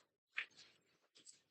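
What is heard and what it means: On a Yamaha Crosscore RC e-bike, with the battery already locked into the down-tube tray, the tray cover is swung shut and closes with a sharp hit at 0.4 s. Two fainter knocks follow at about 1.2 s and 1.3 s, and the cover ends up seated.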